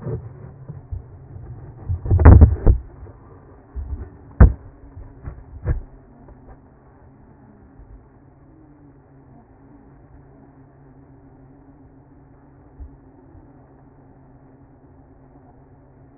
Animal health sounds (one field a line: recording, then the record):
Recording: honeybee colony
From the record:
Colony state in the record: active